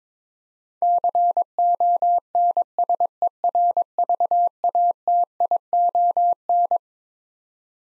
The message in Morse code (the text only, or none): CONSERVATION